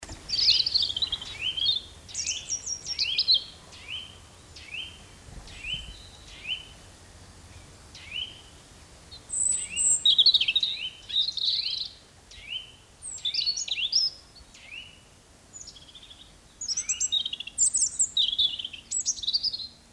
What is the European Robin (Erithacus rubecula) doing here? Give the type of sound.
song